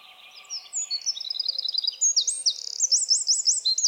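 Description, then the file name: Eurasian wren song, a rapid run of high, bright trills and sharp repeated notes that climbs and grows louder through the phrase, with a faint lower hum beneath. "Troglodytes troglodytes"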